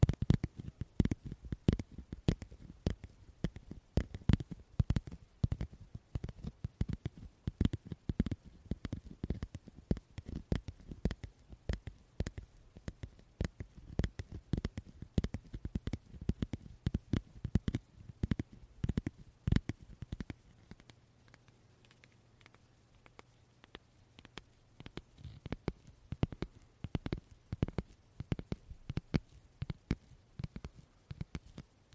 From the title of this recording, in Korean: 카드 지갑 소리 card wallet sounds